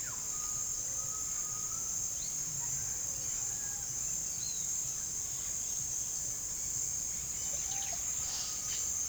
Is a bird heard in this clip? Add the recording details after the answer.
yes. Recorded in pastures near Puerto Asís, Putumayo, Colombia, on 25 June 2025 at 16:30. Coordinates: 0.497, -76.327. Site G040